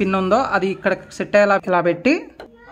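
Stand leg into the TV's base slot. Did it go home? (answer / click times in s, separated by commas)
no / none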